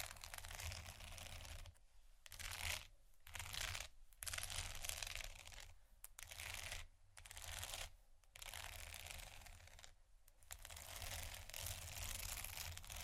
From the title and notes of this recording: Vinyl, Metal, Slow, Tapping, Scratching, Dry Hands, Crinkle (No Talking).